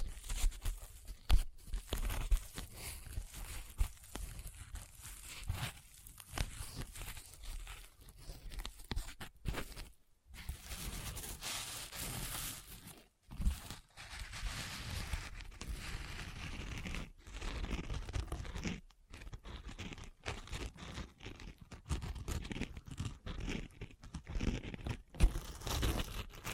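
A Christmas trigger assortment of dense crinkling, crumpling and tearing sounds, with a few brief silent gaps near 10, 13 and 19 seconds.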